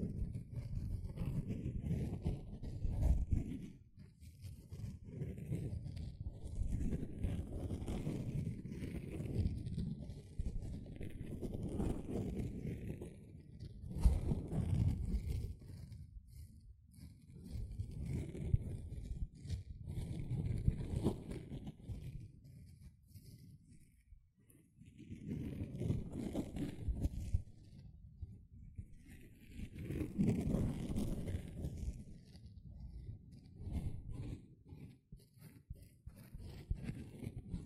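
A sponge is rubbed and squished in repeated low, rough strokes lasting a few seconds each, separated by brief pauses, with faint scratchy hiss above.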